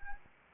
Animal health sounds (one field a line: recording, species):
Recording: mosquito wingbeat signal from an infrared sensor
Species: Anopheles arabiensis